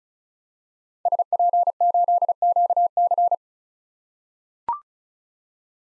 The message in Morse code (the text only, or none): SP8QC